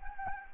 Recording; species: mosquito wingbeat signal from an infrared sensor; Anopheles gambiae